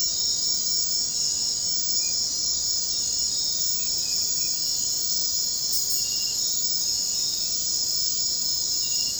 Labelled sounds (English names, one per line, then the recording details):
none
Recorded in secondary vegetation near Puerto Asís, Putumayo, Colombia, on 9 March 2025 at 03:00
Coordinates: 0.484, -76.319
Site G010